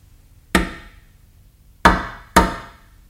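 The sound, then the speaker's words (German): Three loud, sharp knocks on a wooden door: a single knock, a pause, then two more in quicker succession, with no voices. “Wer klopft?”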